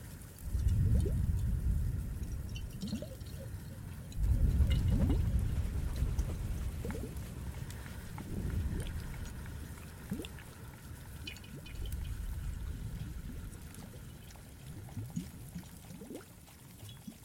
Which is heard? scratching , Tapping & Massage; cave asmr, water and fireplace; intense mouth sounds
cave asmr, water and fireplace